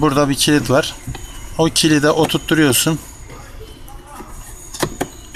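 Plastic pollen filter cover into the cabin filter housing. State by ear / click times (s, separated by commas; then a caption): seated / 4.8 s, 5.0 s. On a Fiat Doblo 3, the plastic cover of the pollen (cabin) filter housing behind the glovebox is hooked into its lock tab and pressed shut while someone talks. Two sharp clicks at 4.8 s and 5.0 s confirm the cover has seated and is fully closed.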